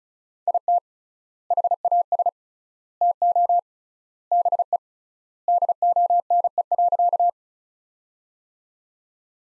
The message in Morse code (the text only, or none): IT HAS TO BE DONE.